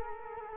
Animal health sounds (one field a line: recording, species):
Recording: mosquito wingbeat signal from an infrared sensor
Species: Culex quinquefasciatus